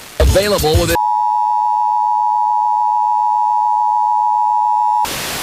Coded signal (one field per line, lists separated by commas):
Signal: Emergency Alert System (SAME) tones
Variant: 853 and 960 Hz attention tone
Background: speech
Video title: National EAS Test on the Las Vegas FM band